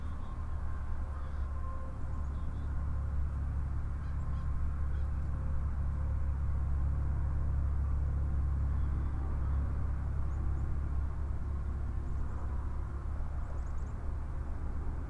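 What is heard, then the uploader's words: Wind moves beneath an eastern red cedar among oaks, heard as a deep, steady roar that stays constant for the whole stretch with only slight swells. A faint, thin hum runs through the middle, and scattered soft high chirps or ticks appear now and then. Under eastern red cedar surrounded by oaks on a windy day. Constant distant traffic due to proximity to Interstate 80/90.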